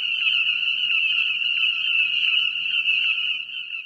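Dense frog chorus of a shrill steady trill and rapid lower pulses, the lower notes dropping away near the end.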